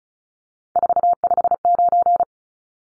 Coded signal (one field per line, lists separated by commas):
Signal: Morse code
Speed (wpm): 34 wpm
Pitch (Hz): 700 Hz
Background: none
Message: 459